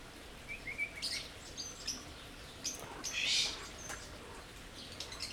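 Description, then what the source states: Birds chirping in short, scattered high notes, a brief whistle near the start and a buzzy burst in the middle, over a faint steady hiss. Birds in an aviary at Jászberény Zoo, 2016.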